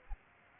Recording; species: mosquito wingbeat signal from an infrared sensor; Aedes aegypti